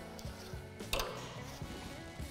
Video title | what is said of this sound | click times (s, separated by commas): [OLD] 2019-2022 RAM 1500 - Factory Remote Start Installation Guide - Infotainment.com | once your prop is snapped into place grab your tail light and simply reinstall it the | 0.9 s